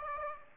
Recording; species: mosquito wingbeat signal from an infrared sensor; Aedes aegypti